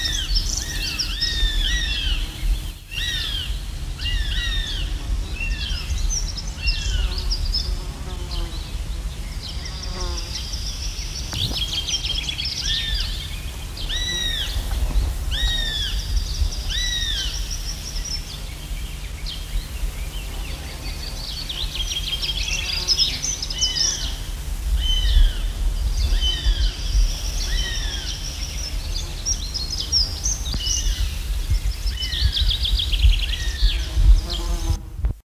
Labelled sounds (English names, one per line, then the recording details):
Northern Goshawk call
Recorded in the wild
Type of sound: call
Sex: diverse
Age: immature
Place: Lindenburg, Niedersachsen, DE
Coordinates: 52.5406, 9.568
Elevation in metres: 77
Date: 1974-06-17
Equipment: Halbspur, 9,5 cm/s
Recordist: Lütgens, Hans
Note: Drei ältere Junge auf Nestrand. Östlich der Lindenburg